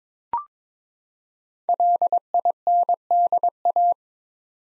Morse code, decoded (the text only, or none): LINDA